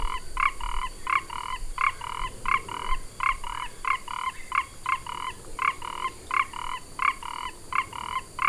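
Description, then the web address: Four-ridged toad repeating two-part nasal calls, a quick bright note and a longer buzzy note, around a dozen pairs in an unbroken run. "sounds Ingerophrynus quadriporcatus"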